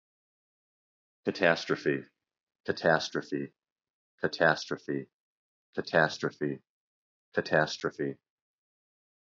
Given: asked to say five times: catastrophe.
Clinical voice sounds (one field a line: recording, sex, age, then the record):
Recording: repeated word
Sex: male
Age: 40 to 49 years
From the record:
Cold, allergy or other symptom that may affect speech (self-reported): no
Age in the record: 48 years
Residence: Ohio, United States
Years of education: 19